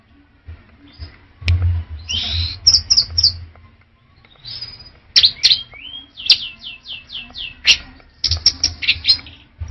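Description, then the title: Orange-headed thrush song: rapid series of rich, high, downslurred whistled notes and slurred phrases in several bursts, over a low rumbling background. "Anis Merah1"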